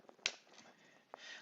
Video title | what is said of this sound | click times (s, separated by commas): Chuck's Reviews Transformers Unite Warriors Devastator | and here I was talking so here you hear that big snap | 0.3 s